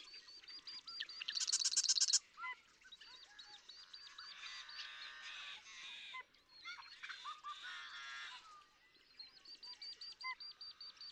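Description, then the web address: Marsh Wren song: a bright rattling trill early on, over a dense chorus of buzzy, gurgling and chattering notes that continue throughout. "birdsongforthecurious Marsh Wren"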